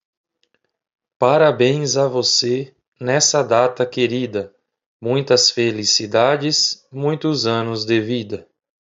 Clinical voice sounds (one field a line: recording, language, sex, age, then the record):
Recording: short text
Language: Brazilian Portuguese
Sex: male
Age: 20 to 29 years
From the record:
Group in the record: control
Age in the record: 27 years